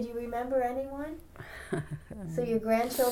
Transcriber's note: chuckles